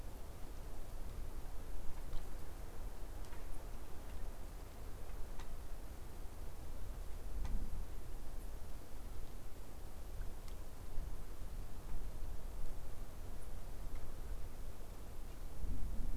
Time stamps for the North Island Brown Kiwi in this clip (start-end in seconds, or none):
none